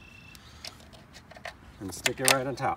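A plastic center cap is handled and pressed on top of the wheel skin on a Chevy Equinox; several small taps and clicks of handling are heard while someone talks. The clip ends just before the cap goes home, so nothing has seated or clicked yet.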